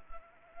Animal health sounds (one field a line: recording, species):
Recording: mosquito wingbeat signal from an infrared sensor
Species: Anopheles arabiensis